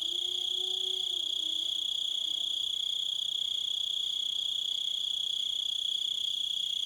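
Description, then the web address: Cricket song, a steady rapid high trill throughout, with a faint low wavering tone in the first seconds. "Echoes of Nature - American Wilds. Crickets"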